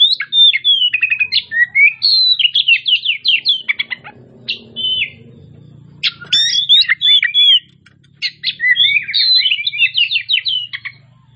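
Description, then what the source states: Oriental magpie-robin delivering rapid chattering, whistled song in long bursts with short breaks, over a steady low background hum. Kacer Tretes type, singing persistently and vigorously (gacor).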